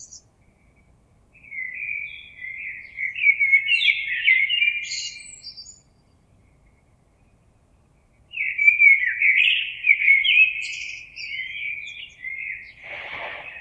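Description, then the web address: Common blackbird song: two mellow, fluted warbling phrases separated by a pause of about two and a half seconds, with thin, high twittering notes. Recorded 26 April 2022. "oiseaux Merle 2022 04 26"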